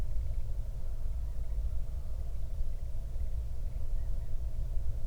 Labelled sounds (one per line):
bird
wind